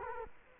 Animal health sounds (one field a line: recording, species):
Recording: mosquito wingbeat signal from an infrared sensor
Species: Culex quinquefasciatus